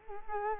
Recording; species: mosquito wingbeat signal from an infrared sensor; Culex quinquefasciatus